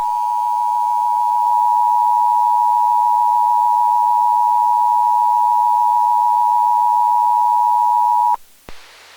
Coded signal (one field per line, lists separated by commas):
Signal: Emergency Alert System (SAME) tones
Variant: 853 and 960 Hz attention tone